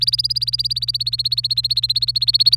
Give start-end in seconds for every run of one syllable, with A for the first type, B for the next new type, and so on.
0.00-2.56 A